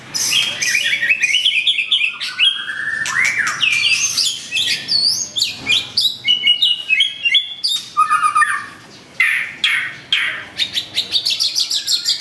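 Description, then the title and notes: White-rumped shama song, a fast varied stream of whistles, trills and sharp high chips, shifting rapidly between phrases with hardly any pause. Training song for teaching cage birds. "Masteran Murai Batu"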